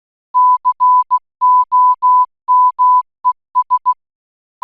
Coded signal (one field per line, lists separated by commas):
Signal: Morse code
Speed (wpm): 16 wpm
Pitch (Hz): 1000 Hz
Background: none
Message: COMES